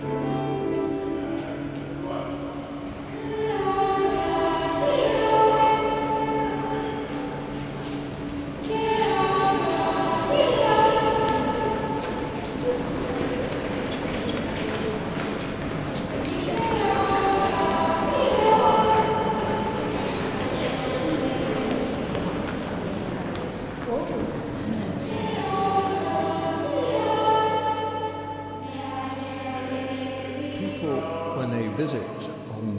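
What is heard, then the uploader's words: Inside a cathedral, voices murmur and echo through a large hall, with a steady low hum underneath. Brighter tonal swells, like singing or an organ, rise around five, ten, eighteen and twenty-six seconds, while footsteps clatter faintly in the background. Wells Cathedral soundscape excerpt by Rich Tomlinson.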